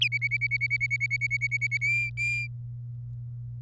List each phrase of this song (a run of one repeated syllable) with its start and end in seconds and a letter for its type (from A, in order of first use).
0.01-1.77 A, 1.81-2.47 B